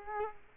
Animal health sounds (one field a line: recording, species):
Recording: mosquito wingbeat signal from an infrared sensor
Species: Culex quinquefasciatus